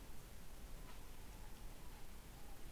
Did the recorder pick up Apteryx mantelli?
no